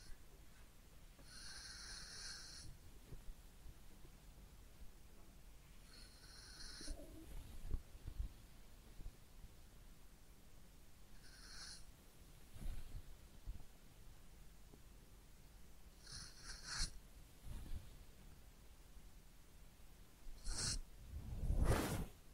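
A head massage and ear cleaning session: short, bright, buzzing tones with a rasping edge recur about every four to five seconds. Between them, soft low rubbing and scraping continues, with occasional thumps, the strongest crackling bump near the end.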